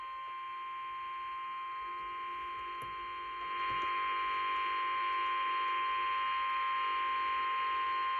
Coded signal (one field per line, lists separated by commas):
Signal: Emergency Alert System (SAME) tones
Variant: 1050 Hz attention tone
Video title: Tests and warnings... (EAS Capture #65-75)